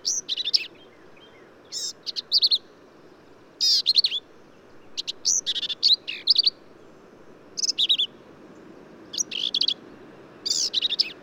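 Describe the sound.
Black-capped vireo song of frequent short phrases, rough chattering notes mixed with high whistled slurs, repeated with short pauses.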